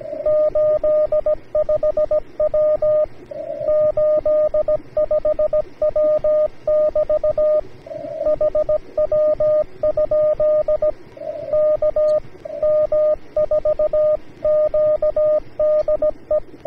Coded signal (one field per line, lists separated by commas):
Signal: Morse code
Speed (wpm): 17 wpm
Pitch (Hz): 610 Hz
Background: radio noise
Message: 85W 85W <BT> HW? K M4Q DE